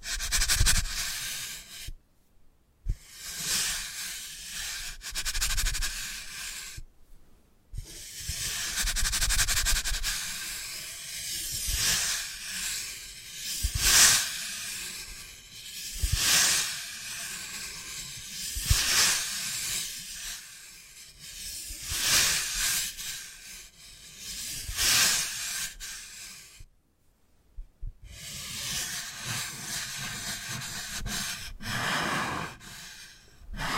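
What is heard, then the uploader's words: Ear picking with various props, heard as soft, close scratching and rubbing that swells and fades in waves of bright hissy texture. The strokes come in bursts of a few seconds each, broken by brief silences around 2, 7 and 26 seconds. 3D panoramic ear picking with various props.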